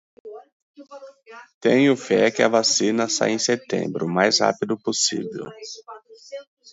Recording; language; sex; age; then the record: short text; Brazilian Portuguese; male; 40 to 49 years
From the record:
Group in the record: control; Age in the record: 47 years